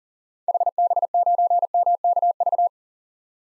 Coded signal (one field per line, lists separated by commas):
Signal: Morse code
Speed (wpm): 40 wpm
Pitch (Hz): 700 Hz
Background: none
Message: HB9MKV